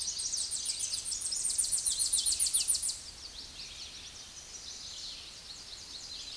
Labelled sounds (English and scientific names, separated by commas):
Tennessee Warbler (Leiothlypis peregrina) song